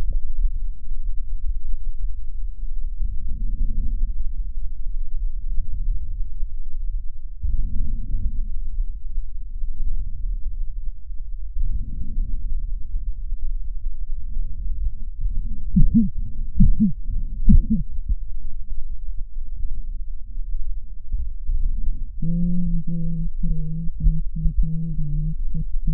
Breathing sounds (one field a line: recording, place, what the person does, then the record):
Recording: lung sounds by stethoscope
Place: left posterior apical chest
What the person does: quiet breathing, then cough and speech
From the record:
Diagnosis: interstitial lung disease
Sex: female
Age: 72 years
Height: 158 cm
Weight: 69 kg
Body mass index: 27.6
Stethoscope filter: bell mode